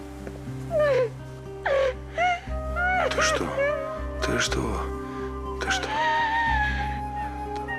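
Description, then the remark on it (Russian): A child whimpers and cries in short, high, wavering bursts over a broken teapot while an adult voice speaks over it, telling the child not to cry, with a steady low hum in the background. “Не плачь. Не плачь. Ну разве плачут?”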